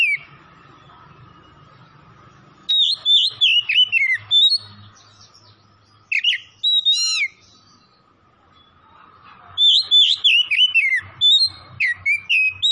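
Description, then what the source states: Oriental magpie-robin delivering rich whistled phrases that rise and fall, in three bursts with silent stretches between, low hum underneath. Kacer singing vigorously (gacor) from Tretes.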